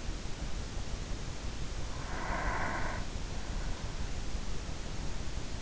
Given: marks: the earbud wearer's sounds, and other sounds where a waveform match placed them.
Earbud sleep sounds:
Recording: sounds in sleep by an in-ear microphone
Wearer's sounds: breath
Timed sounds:
2.22-3.29 s: breath

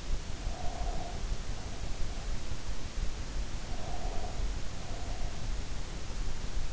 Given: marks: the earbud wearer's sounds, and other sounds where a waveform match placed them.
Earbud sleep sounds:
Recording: sounds in sleep by an in-ear microphone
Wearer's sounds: breath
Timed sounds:
0.41-2.36 s: breath
3.66-5.48 s: breath

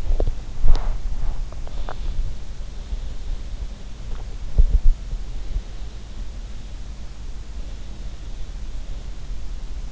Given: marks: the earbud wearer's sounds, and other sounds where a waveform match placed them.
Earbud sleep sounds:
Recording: sounds in sleep by an in-ear microphone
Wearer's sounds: body movement, breath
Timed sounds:
0.00-2.18 s: body movement
0.62-1.55 s: breath
4.12-5.61 s: body movement

